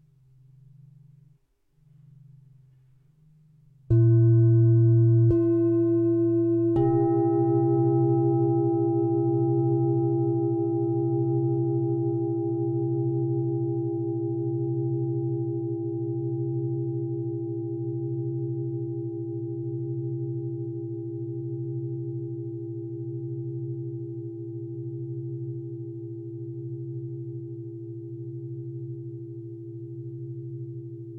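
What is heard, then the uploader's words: A singing bowl is struck at about four seconds, then again twice around five and seven seconds, each strike adding a bright ring over a deep hum. The tone then sustains and slowly fades with a gentle pulsing wobble to the end. A faint low hum precedes the first strike. Singing bowl sound therapy.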